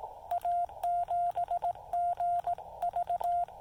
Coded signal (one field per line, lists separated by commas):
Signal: Morse code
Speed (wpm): 18 wpm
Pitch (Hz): 700 Hz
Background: radio noise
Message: A7GV